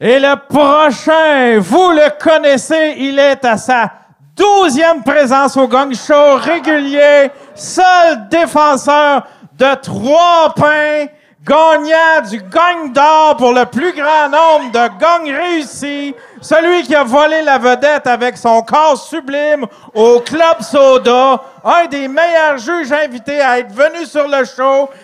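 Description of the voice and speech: An adult man speaks fluent Canadian French in an energetic announcer's style, introducing the next comedian with rapid, lively phrasing and brief pauses. His voice is clear and well voiced, with no stuttering, slurring or hoarseness. This is ordinary typical speech.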